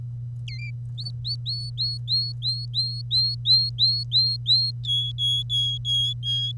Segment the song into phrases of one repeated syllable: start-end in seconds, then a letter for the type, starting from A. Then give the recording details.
0.48-0.70 A, 0.98-4.71 B, 4.84-6.52 C. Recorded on 25 April 2018 at 07:50. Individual llb3